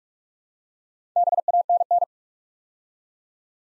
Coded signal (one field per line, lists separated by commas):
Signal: Morse code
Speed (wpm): 44 wpm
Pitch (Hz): 700 Hz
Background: none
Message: BANN